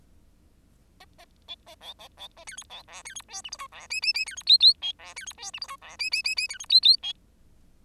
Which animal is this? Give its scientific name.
Lonchura striata domestica